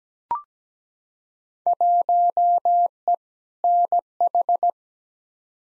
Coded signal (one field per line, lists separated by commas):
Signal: Morse code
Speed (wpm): 17 wpm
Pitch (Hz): 700 Hz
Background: none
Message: 1E NH